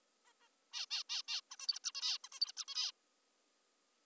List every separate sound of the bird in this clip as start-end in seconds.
0.26-0.33, 0.40-0.49, 0.73-0.86, 0.91-1.04, 1.10-1.22, 1.28-1.41, 1.52-1.56, 1.60-1.67, 1.68-1.79, 1.84-1.92, 1.95-2.18, 2.24-2.29, 2.33-2.40, 2.41-2.52, 2.57-2.65, 2.68-2.92